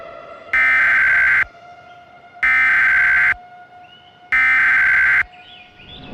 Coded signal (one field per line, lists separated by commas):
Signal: Emergency Alert System (SAME) tones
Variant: header bursts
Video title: EAS Scenario: The Fire Meteor. (READ DESC) (Christmas Special Replacement)